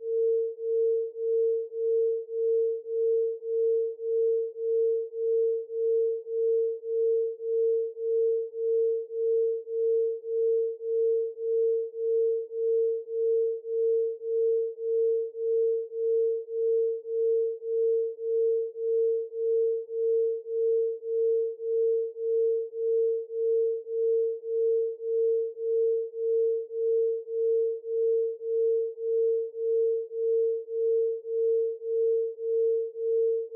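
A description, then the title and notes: A pure 417Hz tone holds perfectly steady for the whole clip, with nothing else in the background. Its loudness swells and dips in an even, rapid pulse about one and a half times per second, a slow wobble that never changes pace. 1.618Hz Delta Binaural Beat | Fibonacci Frequency with 417Hz Solfeggio Tone. The 1.618Hz Delta Binaural Beat, inspired by the Fibonacci Sequence, combined with the 417Hz Solfeggio Tone.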